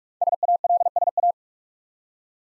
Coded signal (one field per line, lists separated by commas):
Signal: Morse code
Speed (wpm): 44 wpm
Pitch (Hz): 700 Hz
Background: none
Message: SALSA